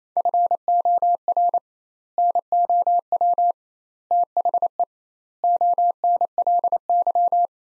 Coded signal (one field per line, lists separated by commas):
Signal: Morse code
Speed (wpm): 28 wpm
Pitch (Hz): 700 Hz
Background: none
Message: FOR NOW THE ONLY